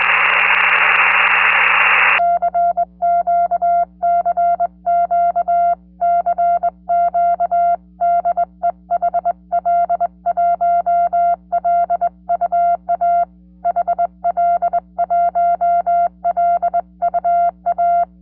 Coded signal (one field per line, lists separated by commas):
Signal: Morse code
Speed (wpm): 20 wpm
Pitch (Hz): 690 Hz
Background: music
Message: CQ CQ CQ DE HL1LUA HL1LUA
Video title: CW QSO Using GHD Straight key GT705A, 40m band with JN6ILN 수동전건 전신교신